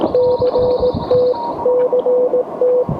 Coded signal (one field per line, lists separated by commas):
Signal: Morse code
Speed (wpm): 19 wpm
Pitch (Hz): 500 Hz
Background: none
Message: CT CT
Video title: QRP POTA in Motion: Pedestrian Mobile with the Elecraft KH1!